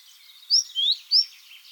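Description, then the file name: Great tit giving three short, clear, high notes, high then lower then high again, against soft twittering in the background. "Parus major"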